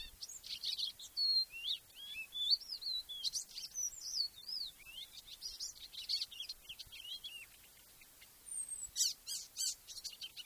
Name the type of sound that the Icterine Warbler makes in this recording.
song